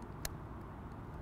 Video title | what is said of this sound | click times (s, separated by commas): DJI Mavic 3 Tutorial Part 2 - First Flight Tutorial | we also want to make sure it clicks nicely | 0.2 s